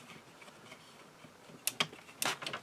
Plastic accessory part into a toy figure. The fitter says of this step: and it it looks like it just snaps right into place